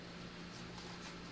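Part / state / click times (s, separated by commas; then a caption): propeller guard onto drone arm / not seated / none. A plastic propeller guard is being handled onto the arm of a Vivitar DRC-445 VTI Skytracker GPS toy drone, with only a steady low hum and faint handling noise heard. Nothing has seated or clicked yet; the clip ends just before the guard goes home.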